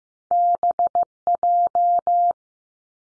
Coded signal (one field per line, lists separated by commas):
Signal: Morse code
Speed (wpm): 15 wpm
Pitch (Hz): 700 Hz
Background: none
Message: B J